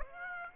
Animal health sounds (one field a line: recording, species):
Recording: mosquito wingbeat signal from an infrared sensor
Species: Aedes aegypti